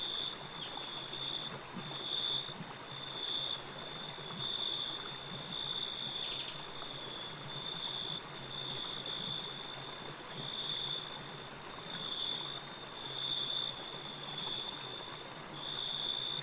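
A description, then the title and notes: Crickets chirp in a steady, fast pulsing trill that runs without pause through the whole recording, high and bright. Short sharp bird calls cut in every second or two. A soft, low wash of lapping water fills the background evenly. Chirping crickets, singing birds, and the gentle lapping of the lake.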